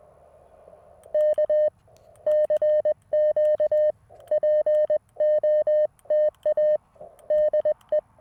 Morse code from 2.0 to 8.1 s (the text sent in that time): CQ POTA DE